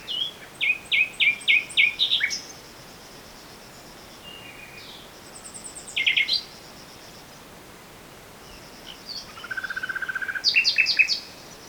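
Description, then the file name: Common nightingale singing: separate varied phrases of rapid repeated notes, sharp chirps and a high rattling trill, with pauses of several seconds between them. "fülemüle-hangja"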